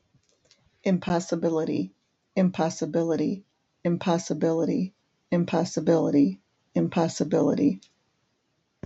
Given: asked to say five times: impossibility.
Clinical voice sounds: repeated word; female; 50 to 59 years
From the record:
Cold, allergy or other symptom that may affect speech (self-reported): no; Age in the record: 56 years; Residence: Ohio, United States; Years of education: 13

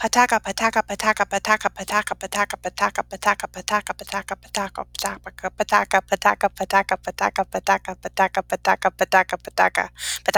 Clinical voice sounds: repeated syllables /pa ta ka/; female; 30 to 39 years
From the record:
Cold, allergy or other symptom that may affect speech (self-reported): no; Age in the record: 31 years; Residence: North Carolina, United States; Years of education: 17

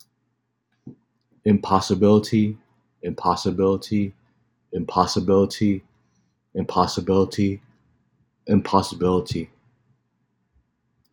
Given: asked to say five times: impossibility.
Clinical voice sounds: repeated word; male; 30 to 39 years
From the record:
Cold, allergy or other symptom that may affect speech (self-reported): no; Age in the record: 33 years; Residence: New York, United States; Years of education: 16

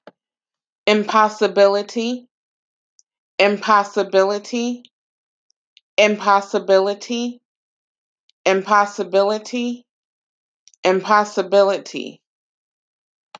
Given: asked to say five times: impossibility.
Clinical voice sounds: repeated word; female; 30 to 39 years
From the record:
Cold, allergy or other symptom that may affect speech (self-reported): no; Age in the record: 36 years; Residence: Maryland, United States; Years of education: 19

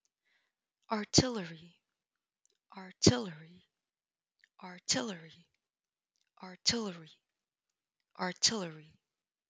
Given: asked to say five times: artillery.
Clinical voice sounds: repeated word; female; 20 to 29 years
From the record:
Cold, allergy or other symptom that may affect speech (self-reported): no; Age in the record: 27 years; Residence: United States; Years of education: 18

